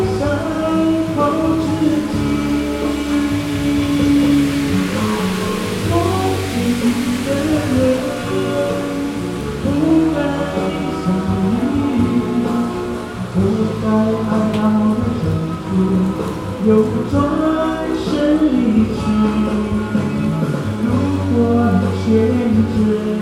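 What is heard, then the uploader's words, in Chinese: Heavy rain falls on a street as a steady hiss, with singing carried over it the whole time. The melodic voice and accompaniment sit loud in the low-middle range, shifting phrase by phrase, while the rain keeps a constant wash above. 雨天帶著歌唱的LEBUH CINTRA日本橫街_馬來西亞。到馬來西亞的檳城旅遊。當時下起了磅礡大雨，沒好一會兒，道路淹起了水。於是就在騎樓下暫躲，順便感受一下檳城巷弄夜晚的道地街景與聲音。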